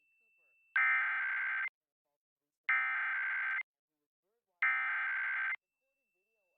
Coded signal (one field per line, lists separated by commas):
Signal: Emergency Alert System (SAME) tones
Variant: header bursts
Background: speech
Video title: EAS: Pennsylvania Required Monthly Tests (10/15/20)(EAS #489-494)